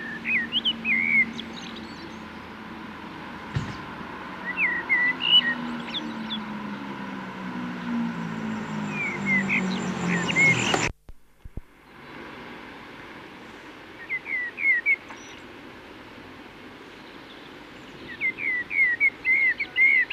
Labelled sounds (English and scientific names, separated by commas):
Common Blackbird (Turdus merula) song